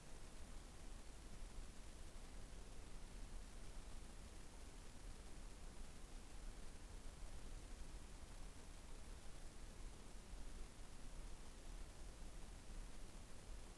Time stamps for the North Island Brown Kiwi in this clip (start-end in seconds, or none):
none